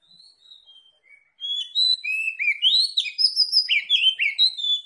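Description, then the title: Oriental magpie-robin song: soft thin whistles at first, then a loud rich burst of varied whistled and slurred notes, rapid and jumbled. Tretes variety, described as gacor (singing energetically). "Kacer Tretes Gacor"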